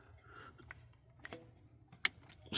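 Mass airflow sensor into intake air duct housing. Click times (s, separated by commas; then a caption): 2.0 s. A cleaned mass airflow sensor on a 2020 Kia Telluride is pushed back into its intake air duct housing. A few faint ticks and rustles come before one sharp, bright snap at 2.0 seconds, and a softer tick follows. The snap shows the sensor has seated in the housing.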